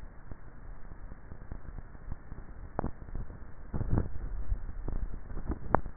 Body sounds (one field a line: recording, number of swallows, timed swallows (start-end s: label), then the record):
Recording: swallowing sounds by neck microphone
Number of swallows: 1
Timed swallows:
3.78-4.68 s: swallow
From the record:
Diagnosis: dysphagia